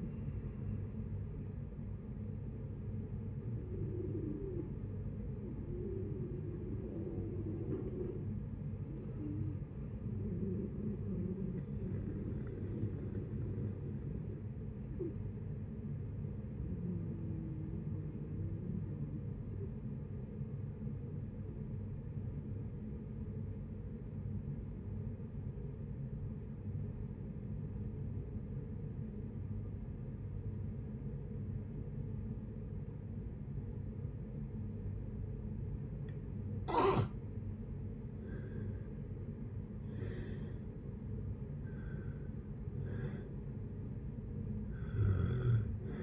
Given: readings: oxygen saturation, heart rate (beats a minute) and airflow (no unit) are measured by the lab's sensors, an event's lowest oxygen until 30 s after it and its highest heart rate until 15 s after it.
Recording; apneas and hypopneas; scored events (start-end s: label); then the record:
breathing in sleep by a smartphone at the bedside; 1
22.00-38.20 s: obstructive apnea (N1, oxygen 97% highest, then 79% lowest, heart rate 61 at the start, 73 highest)
22.00-46.03 s: new sleep stage, N2 (light sleep)
From the record:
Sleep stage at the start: N1 (lightest sleep); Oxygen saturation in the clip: 81 to 97%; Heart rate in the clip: 57 to 81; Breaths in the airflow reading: 7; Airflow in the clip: -10.5 to 12.9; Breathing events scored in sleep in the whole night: 496 in 5.4 hours asleep